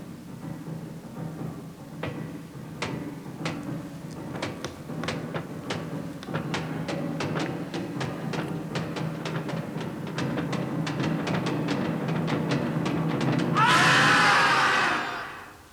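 Dull, irregular pounding on prison cell doors repeats over a low droning hum and grows steadily heavier, until a man's shrill, strained scream bursts out near the end and cuts off abruptly.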